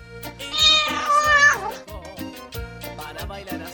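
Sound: cat meowing sound effect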